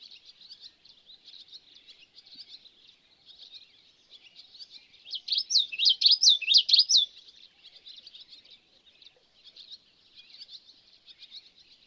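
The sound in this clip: Bird song: a loud run of quick up-sweeping notes in the middle, over a constant high twittering throughout.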